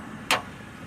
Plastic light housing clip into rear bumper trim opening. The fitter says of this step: and then it will click right in place now